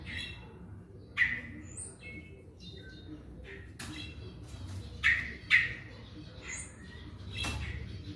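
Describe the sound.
Yellow-tailed oriole giving a few short, clear mid-pitched notes, mixed with clicks and a low background rumble.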